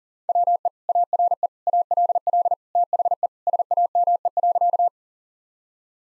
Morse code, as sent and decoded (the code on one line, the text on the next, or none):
.-- . / .- .-. . / .- .-.. .-.. / - .... . / ... .- -- . .-.-.-
WE ARE ALL THE SAME.